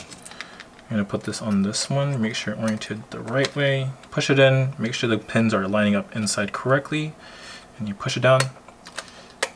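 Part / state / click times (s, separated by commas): RAM module into laptop memory slot / not seated / none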